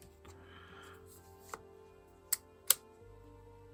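An iPhone 15 Pro smartphone is pressed into a SmallRig metal mobile video cage over faint steady background tones, with a soft tap near 1.5 s. Two sharp clicks follow at 2.3 s and 2.7 s. The phone clicks into the cage but is not fully locked, because it needed to be pressed harder to lock in.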